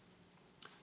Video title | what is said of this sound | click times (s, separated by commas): T-Mobile HTC G2 Vs T-Mobile Vibrant Part 2 | but it definitely locks into place there's not a lot of play with it | 0.6 s